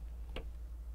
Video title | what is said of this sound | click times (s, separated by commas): Sliding Ragtop Un-boxing, Tips, Tricks & More! | like that it's a cam system so it's over centered locked in that's how it's supposed to be | 0.4 s